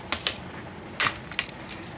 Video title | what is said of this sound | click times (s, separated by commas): Acer Chromebook C732 C732T Screen Replacement Procedure | your fingertips or fingernails on the screen side and just really lift up and out and you'll hear the snapping sounds and just go around the screen like so | 0.1 s, 0.3 s, 1.4 s, 1.7 s